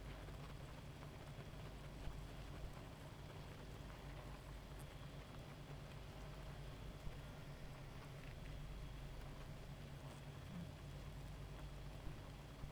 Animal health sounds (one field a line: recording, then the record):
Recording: honeybee colony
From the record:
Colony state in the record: active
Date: 28 July 2017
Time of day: 1:50